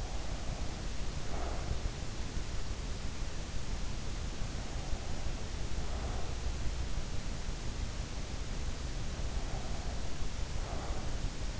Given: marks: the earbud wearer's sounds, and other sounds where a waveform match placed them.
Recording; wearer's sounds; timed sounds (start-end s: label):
sounds in sleep by an in-ear microphone; breath
0.00-1.88 s: breath
4.51-6.57 s: breath
9.03-11.60 s: breath